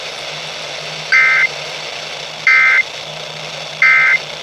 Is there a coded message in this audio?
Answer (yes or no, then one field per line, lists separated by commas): no